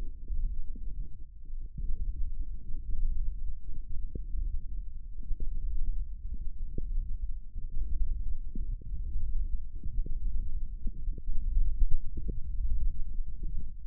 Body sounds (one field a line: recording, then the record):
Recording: forearm muscle sounds (acoustic myography)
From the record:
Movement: ulnar deviation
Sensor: system 1, eight BSWA MPA416 microphones around the upper forearm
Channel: 8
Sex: male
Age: 18 years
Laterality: right